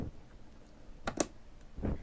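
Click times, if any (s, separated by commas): 1.1 s, 1.2 s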